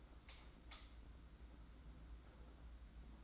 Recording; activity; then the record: daily activity, microphone in the room; light on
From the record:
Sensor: 3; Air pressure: 991.9 hPa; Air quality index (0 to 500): 223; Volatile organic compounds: 1000 ppm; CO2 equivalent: 7667 ppm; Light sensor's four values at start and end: 16/39/15/14 and 23/48/19/17